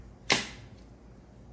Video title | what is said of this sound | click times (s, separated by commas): Ubiquiti Unifi UNVR HDD Trays Setup | and you'll see it snap in place | 0.3 s